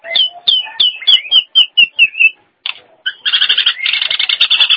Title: Jalak Nias